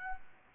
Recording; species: mosquito wingbeat signal from an infrared sensor; Culex quinquefasciatus